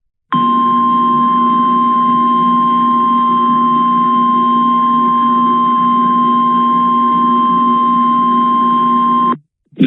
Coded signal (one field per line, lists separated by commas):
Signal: Emergency Alert System (SAME) tones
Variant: 1050 Hz attention tone